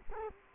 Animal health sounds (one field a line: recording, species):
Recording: mosquito wingbeat signal from an infrared sensor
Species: Culex quinquefasciatus